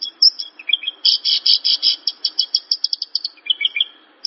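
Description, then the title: Javan bush lark song: a run of loud, buzzy high notes, followed by softer twitters and lower chirps. Song used as a lure recording (pancingan); the bird is described as gacor, singing actively. "PANCINGAN Suara BURUNG Branjangan Gacor"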